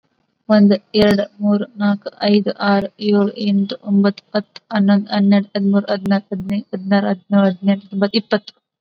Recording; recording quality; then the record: counting at a normal pace; excellent, no background noise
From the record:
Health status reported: COVID-19 positive, mild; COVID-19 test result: positive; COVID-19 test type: RT-PCR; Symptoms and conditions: cough, fever, muscle pain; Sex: female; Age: 25 years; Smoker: no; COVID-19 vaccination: one dose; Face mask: worn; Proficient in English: yes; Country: India